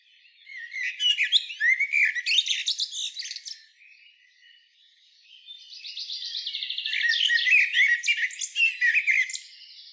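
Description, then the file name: Common blackbird giving dense, scratchy high-pitched chattering in two long bursts with a short pause between, notes twittering and buzzy throughout. "Turdus merula"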